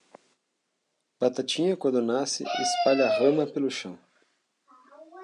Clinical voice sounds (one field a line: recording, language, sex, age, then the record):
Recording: short text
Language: Brazilian Portuguese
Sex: male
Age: 30 to 39 years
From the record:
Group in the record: control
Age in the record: 39 years